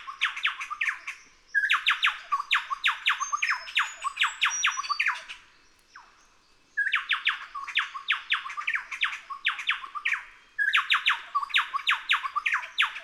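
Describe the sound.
Chowchilla song: long runs of harsh, rhythmic chattering notes with short pauses, with a few thin high whistles.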